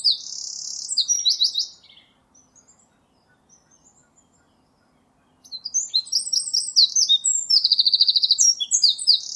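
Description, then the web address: Bird chirping in quick, high-pitched bursts of sharp notes, then a short near-silent pause before a fuller run of rapid, repeated chirps. "cianscape birddata Deverinetal 2025"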